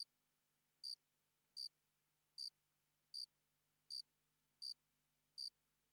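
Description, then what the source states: Cricket calling with brief shrill chirps spaced evenly under a second apart against a quiet background. Single cricket, sparse calling.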